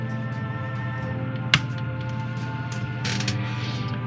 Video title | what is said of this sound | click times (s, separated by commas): F-TOYS Navy Kit of the World Series 1/2000 Scale HMHS BRITANNIC Model Kit | hopefully you heard it click in Okay | 1.5 s